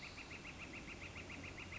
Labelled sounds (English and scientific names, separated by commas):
Northern Flicker (Colaptes auratus)